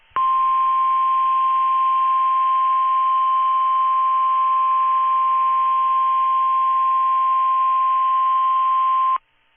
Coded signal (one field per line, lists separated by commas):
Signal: Emergency Alert System (SAME) tones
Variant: 1050 Hz attention tone